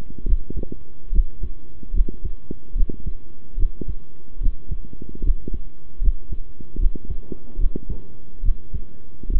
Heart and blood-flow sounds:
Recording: heart sounds by stethoscope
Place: between the tricuspid and mitral areas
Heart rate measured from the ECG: 73 bpm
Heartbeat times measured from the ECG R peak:
0.25 s: heartbeat
1.11 s: heartbeat
1.93 s: heartbeat
2.75 s: heartbeat
3.57 s: heartbeat
4.40 s: heartbeat
5.22 s: heartbeat
6.01 s: heartbeat
6.78 s: heartbeat
7.58 s: heartbeat
8.43 s: heartbeat
9.29 s: heartbeat
From the record:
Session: rest, sitting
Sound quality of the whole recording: good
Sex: male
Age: 23 years

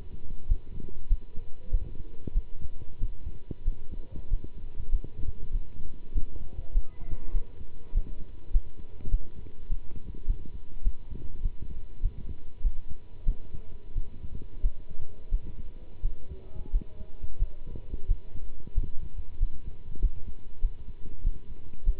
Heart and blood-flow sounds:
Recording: heart sounds by stethoscope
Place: between the tricuspid and mitral areas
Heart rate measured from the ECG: 95 bpm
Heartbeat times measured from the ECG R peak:
0.47 s: heartbeat
1.08 s: heartbeat
1.70 s: heartbeat
2.33 s: heartbeat
2.99 s: heartbeat
3.64 s: heartbeat
4.29 s: heartbeat
4.90 s: heartbeat
5.52 s: heartbeat
6.13 s: heartbeat
6.73 s: heartbeat
7.32 s: heartbeat
7.93 s: heartbeat
8.51 s: heartbeat
9.10 s: heartbeat
9.68 s: heartbeat
10.26 s: heartbeat
10.82 s: heartbeat
11.41 s: heartbeat
12.01 s: heartbeat
12.62 s: heartbeat
13.25 s: heartbeat
13.94 s: heartbeat
14.61 s: heartbeat
15.30 s: heartbeat
16.02 s: heartbeat
16.71 s: heartbeat
17.38 s: heartbeat
18.07 s: heartbeat
18.74 s: heartbeat
19.39 s: heartbeat
20.00 s: heartbeat
20.61 s: heartbeat
21.23 s: heartbeat
21.84 s: heartbeat
From the record:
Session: pedaling a stationary bicycle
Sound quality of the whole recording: good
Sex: male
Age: 27 years

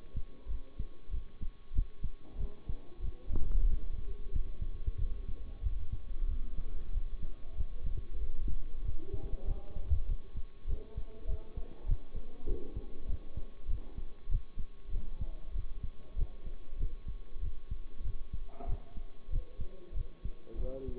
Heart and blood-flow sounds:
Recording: heart sounds by stethoscope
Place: between the tricuspid and mitral areas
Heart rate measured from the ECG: 96 bpm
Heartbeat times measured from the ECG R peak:
0.46 s: heartbeat
1.09 s: heartbeat
1.71 s: heartbeat
2.35 s: heartbeat
2.99 s: heartbeat
3.65 s: heartbeat
4.29 s: heartbeat
4.95 s: heartbeat
5.59 s: heartbeat
6.24 s: heartbeat
6.89 s: heartbeat
7.53 s: heartbeat
8.17 s: heartbeat
8.80 s: heartbeat
9.43 s: heartbeat
10.04 s: heartbeat
10.64 s: heartbeat
11.24 s: heartbeat
11.84 s: heartbeat
12.44 s: heartbeat
13.04 s: heartbeat
13.65 s: heartbeat
14.26 s: heartbeat
14.89 s: heartbeat
15.51 s: heartbeat
16.13 s: heartbeat
16.75 s: heartbeat
17.38 s: heartbeat
18.00 s: heartbeat
18.64 s: heartbeat
19.28 s: heartbeat
19.92 s: heartbeat
20.55 s: heartbeat
From the record:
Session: bicycle stress test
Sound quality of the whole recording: good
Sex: male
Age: 23 years

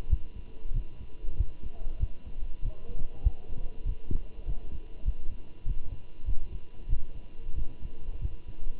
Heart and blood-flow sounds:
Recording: heart sounds by stethoscope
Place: between the tricuspid and mitral areas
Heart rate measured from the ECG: 96 bpm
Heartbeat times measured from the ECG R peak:
0.10 s: heartbeat
0.75 s: heartbeat
1.38 s: heartbeat
2.00 s: heartbeat
2.63 s: heartbeat
3.24 s: heartbeat
3.86 s: heartbeat
4.46 s: heartbeat
5.06 s: heartbeat
5.66 s: heartbeat
6.27 s: heartbeat
6.89 s: heartbeat
7.56 s: heartbeat
8.22 s: heartbeat
From the record:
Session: walking at 3.7 km/h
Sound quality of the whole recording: good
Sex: male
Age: 23 years

